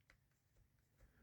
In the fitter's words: kind of like click into place clicks down here